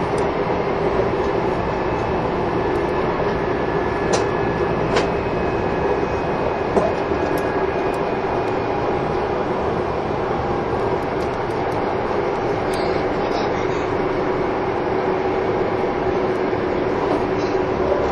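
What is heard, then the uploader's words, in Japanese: A train running along the track: a steady, dense rumble with a low hum and a tone that holds through the whole stretch. Brief clicks and knocks from the wheels come through around five seconds and again near twelve. 近鉄16000系 吉野特急4508レ 01/01:吉野～大阪阿部野橋。The 16000 series is the oldest class of Kintetsu limited express trains.This is the train running sound (still image) of the ``Yoshino Express''。列車走行音。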